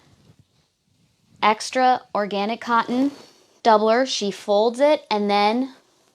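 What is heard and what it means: An extra organic cotton doubler is folded for a cloth pocket diaper while someone talks, with soft handling sounds of the fabric. The snap on the insert has not yet been fastened, so nothing has clicked into place by the end of the clip.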